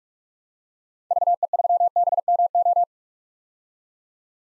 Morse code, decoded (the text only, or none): VE3BMO